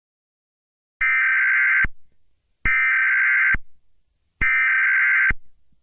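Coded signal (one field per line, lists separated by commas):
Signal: Emergency Alert System (SAME) tones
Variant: header bursts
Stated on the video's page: Simulated emergency alerts edited into horror game footage, including child abduction, civil danger, law enforcement warning and emergency action notification.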